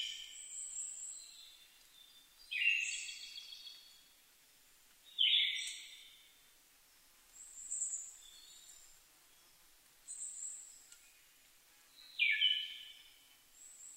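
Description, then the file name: Siberian thrush singing brief, fading whistled phrases about every two and a half seconds, while thin, high-pitched notes from other birds chip in between. Recorded 2 July 2011 at 05:51. "mamijiro-20110702-0551"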